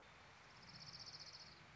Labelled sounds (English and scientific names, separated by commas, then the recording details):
Orange-crowned Warbler (Leiothlypis celata)
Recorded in Sonoma County, California